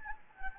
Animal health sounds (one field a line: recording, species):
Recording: mosquito wingbeat signal from an infrared sensor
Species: Anopheles gambiae